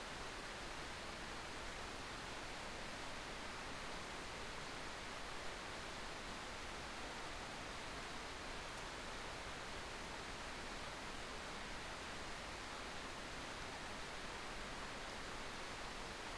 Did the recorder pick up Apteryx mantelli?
no